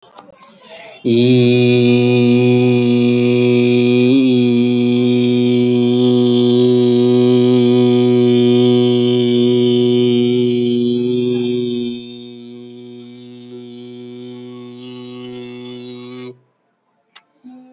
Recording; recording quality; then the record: sustained vowel as in beet; excellent, no background noise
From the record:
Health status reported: healthy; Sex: male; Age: 39 years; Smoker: no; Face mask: not worn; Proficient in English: yes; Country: India